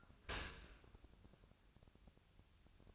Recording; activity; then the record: daily activity, microphone in the room; open dishwasher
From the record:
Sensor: 2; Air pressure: 1002.9 hPa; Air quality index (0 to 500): 198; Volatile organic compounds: 6 ppm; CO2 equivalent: 1884 ppm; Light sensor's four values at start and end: 23/55/24/27 and 23/55/24/27